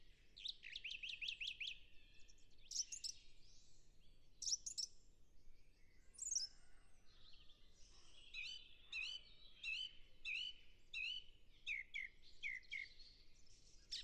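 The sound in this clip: Song thrush song: varied phrases of bright, clear notes, many repeated several times, ending in a run of evenly spaced notes.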